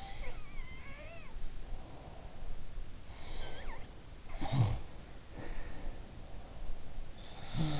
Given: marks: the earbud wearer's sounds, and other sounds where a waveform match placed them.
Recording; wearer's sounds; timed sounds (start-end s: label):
sounds in sleep by an in-ear microphone; breath
0.00-1.43 s: sound from someone else or the room
1.62-2.74 s: breath
3.08-6.23 s: sound from someone else or the room
7.15-7.80 s: sound from someone else or the room